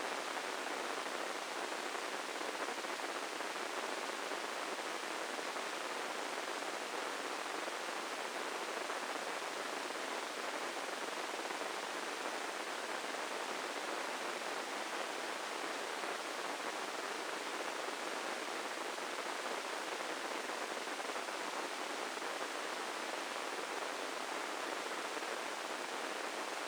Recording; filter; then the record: brain microelectrode recording played as sound; spike band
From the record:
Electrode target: subthalamic nucleus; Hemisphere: left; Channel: 1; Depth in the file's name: 4.826 mm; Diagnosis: Parkinson's disease